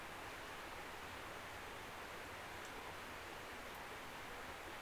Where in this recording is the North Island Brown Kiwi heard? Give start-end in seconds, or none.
none